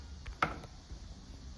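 After the clamp tension is adjusted, the hinge clamp lever on a folding bicycle frame is closed again. A faint tick at 0.3 s is followed by a sharp, loud snap at 0.4 s as the lever locks shut and the hinge clamp is seated.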